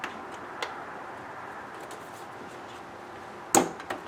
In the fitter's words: and this has little tabs that it will snap in foreign